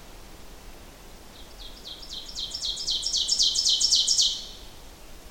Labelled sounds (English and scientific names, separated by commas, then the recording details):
Ovenbird (Seiurus aurocapilla) song
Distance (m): 10 m
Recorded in boreal forest in Alberta, Canada, on 14 June 2016 at 07:33
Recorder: SongMeter 3, array SBT-3-33
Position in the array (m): 100 m, 139 m
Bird 21